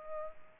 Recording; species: mosquito wingbeat signal from an infrared sensor; Culex pipiens